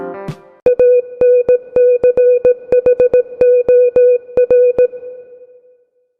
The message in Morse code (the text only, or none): ANCHOR